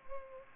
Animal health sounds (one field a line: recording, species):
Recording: mosquito wingbeat signal from an infrared sensor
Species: Culex pipiens